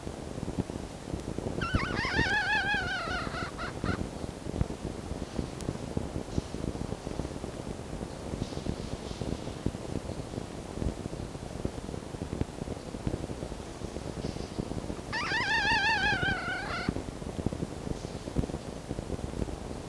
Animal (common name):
Red Fox